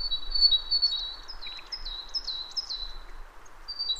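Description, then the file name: Great tit calling in quick, high paired notes, some sliding downward, strung together over a constant hiss of background noise. "Parus major"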